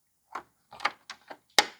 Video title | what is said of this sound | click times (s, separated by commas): How to Install LED Headlights. 2024 Ford Super Duty Truck. Instructions & Sealight Part Number. | Just put it in there and give it a push. It's going to snap right in. | 1.6 s